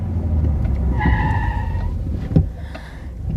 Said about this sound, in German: Hier sind wir. Wir stellten den Wagen auf der linken Seite ab.